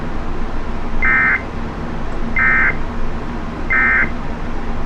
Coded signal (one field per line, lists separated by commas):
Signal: Emergency Alert System (SAME) tones